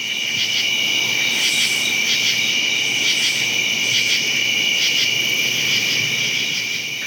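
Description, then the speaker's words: True katydid song: rhythmic raspy pulses repeating over a constant high-pitched drone of many crickets. Around midnight; true katydids singing up in the trees above thousands of crickets on the ground; they can occur in vast numbers. "That's the true katydid that you're hearing there."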